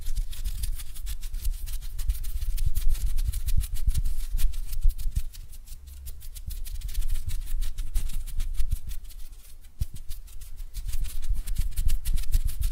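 Hand sounds: a dense, uneven stream of crisp clicks and rubbing over low thumps, easing briefly around six seconds before picking up again.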